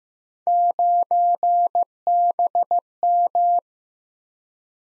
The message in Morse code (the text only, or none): 9BM